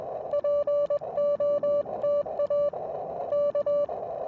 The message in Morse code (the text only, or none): POTA K